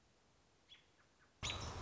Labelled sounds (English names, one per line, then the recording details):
American Robin
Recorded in Sonoma County, California